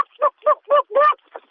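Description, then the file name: Chicken: hen giving short throaty clucks, five nasal notes in quick succession about a quarter second apart, the fourth drawn out slightly longer. "gallina"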